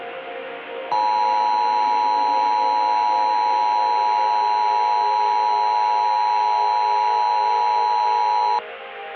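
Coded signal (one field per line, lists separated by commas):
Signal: Emergency Alert System (SAME) tones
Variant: 853 and 960 Hz attention tone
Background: music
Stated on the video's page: Valid EAS SAME tones in a fictional zombie-virus scenario, a simulated alert rather than a real broadcast.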